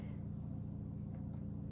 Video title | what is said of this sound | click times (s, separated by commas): Fran Reviews the Jabra Elite 7 Pro - The Good Guys | they just snap into place really easily | 1.4 s